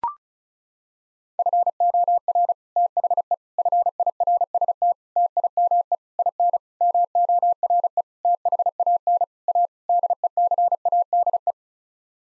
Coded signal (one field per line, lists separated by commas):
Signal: Morse code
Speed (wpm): 36 wpm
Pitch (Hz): 700 Hz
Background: none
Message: FOR THE FIRST TIME IN MORE THAN A DECADE